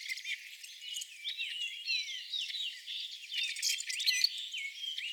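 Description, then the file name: Rusty blackbird calls: squeaky, creaky whistled notes, some rising and some falling, tumbling over one another in a busy chorus with other birds. Several rusty blackbirds calling together with other birds. "Rusty Blackbirds and Friends"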